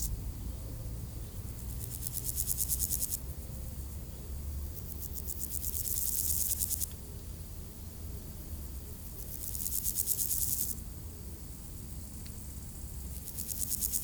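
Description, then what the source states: Grasshopper song: pulsed high buzzy bursts repeating about every four seconds, swelling and stopping, with a soft low rumble of traffic between. Grasshoppers by road D633 at Aveize, France, with cars passing, around five o'clock; recorded with a Sony PCM-M10 in AB microphone position.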